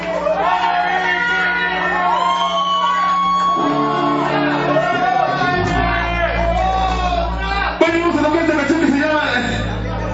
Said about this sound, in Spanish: Así es que el aplauso de todos nosotros, a los amigos DJ, a mi amigo, un aplauso para ti, hermano.